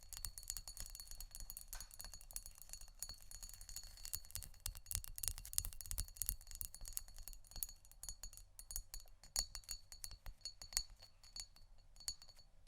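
Fingers scratch and tap on canisters in a busy, irregular stream of crisp clicks and clinks, with a faint metallic ring hanging over them. The tapping is thickest and loudest around the middle, then thins into more spaced-out taps near the end, over a soft low rumble.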